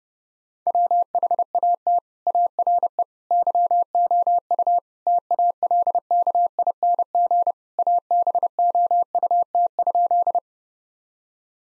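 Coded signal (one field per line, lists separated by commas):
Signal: Morse code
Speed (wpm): 32 wpm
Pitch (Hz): 700 Hz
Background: none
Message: WHAT ARE YOU TALKING ABOUT?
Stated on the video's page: Morse practice at 30 wpm: sentences with common five-word phrases, sent, spoken, then sent again for head-copy.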